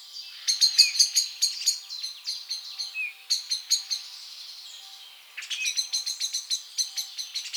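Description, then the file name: Eurasian blackbird calls: bursts of rapid, hard ticking notes separated by short quiet spells. "Turdus merula"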